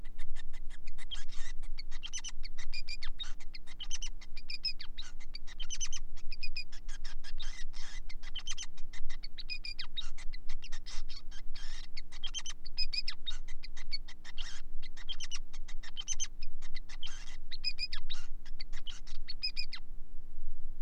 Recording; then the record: song of a male Bengalese finch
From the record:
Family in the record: son of father 5